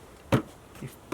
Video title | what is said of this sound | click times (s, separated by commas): 2010 Chevy Cobalt VVT Solenoid Diagnosis and Replacement | that click listen for that you can hear it | 0.3 s